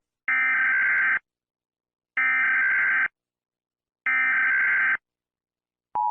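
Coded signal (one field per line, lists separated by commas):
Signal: Emergency Alert System (SAME) tones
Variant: header bursts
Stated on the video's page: Fictional EAS scenario about a monster, not a real alert.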